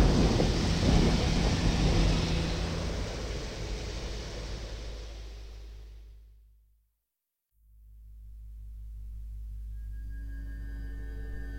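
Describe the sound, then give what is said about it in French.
Thunder rumbles deeply under a dense, roaring clatter of heavy hail. The storm fades to a brief silence, then the low rumble swells back in, with no voices. “Il y eut des éclairs, des voix, des tonnerres, un tremblement de terre et une forte grêle.”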